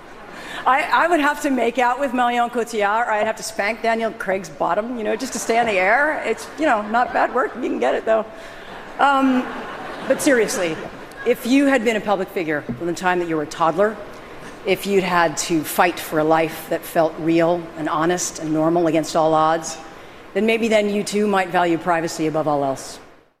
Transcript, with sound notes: I would have to make out with Marion Cotillard or I'd have to spank Daniel Craig's bottom, you know, just to stay on the air. It's, you know, not bad work if you can get it though.
(LAUGHTER)
But seriously, if you had been a public figure from the time that you were a toddler, if you'd had to fight for a life that felt real and honest and normal against all odds, then maybe then you, too, might value privacy above all else.